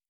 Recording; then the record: hydrophone in a shrimp aquaculture tank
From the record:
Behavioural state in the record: normal